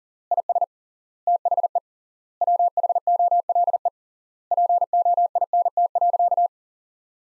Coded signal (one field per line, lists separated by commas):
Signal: Morse code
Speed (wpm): 40 wpm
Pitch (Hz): 700 Hz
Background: none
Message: IS THE WHOLE POINT.